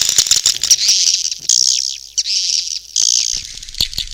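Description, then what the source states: Swiftlet calls come as shrill twittering bursts, each under a second long, separated by short gaps, with a few scattered clicks. Swiftlet sounds used for swiftlet farming in Asia.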